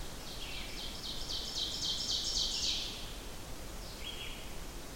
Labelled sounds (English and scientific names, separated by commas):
Ovenbird (Seiurus aurocapilla) song